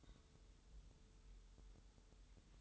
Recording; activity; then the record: daily activity, microphone in the room; take from stove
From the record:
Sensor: 3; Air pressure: 988.3 hPa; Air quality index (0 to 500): 190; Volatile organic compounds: 263 ppm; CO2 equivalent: 4394 ppm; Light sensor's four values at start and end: 24/75/31/27 and 24/75/31/27